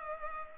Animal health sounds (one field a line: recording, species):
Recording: mosquito wingbeat signal from an infrared sensor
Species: Culex pipiens